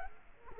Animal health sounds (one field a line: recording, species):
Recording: mosquito wingbeat signal from an infrared sensor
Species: Culex quinquefasciatus